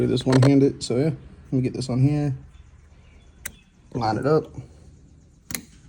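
Someone talks while lining up a plastic wiring harness connector, one-handed, with the base of a new headlight bulb on a 2005–2010 Chrysler 300. Two brief sharp sounds occur around 3.5 s and 5.5 s during the handling. The clip ends before the connector goes on, so nothing has seated or clicked yet.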